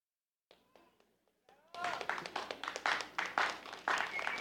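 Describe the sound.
A few scattered claps and a faint voice, then an audience breaks into loud, sustained applause, a dense crackle of many hands that pulses slightly as it continues.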